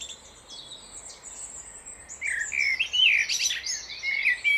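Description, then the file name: Common blackbird giving thin chirps that build into a denser burst of high whistled and twittering notes in the second half. "Turdus merula"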